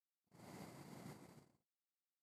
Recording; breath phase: one breath near a microphone; exhalation